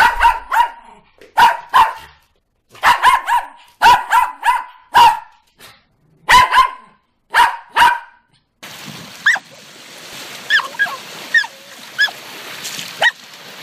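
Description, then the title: Dog barking, quick pairs and triplets of short sharp barks, then a noisier stretch with thin higher yelps over background hiss. Compilation of several dogs barking, presented as funny. "Los mejores LADRIDOS DE PERROS 🐶 Perros LADRANDO"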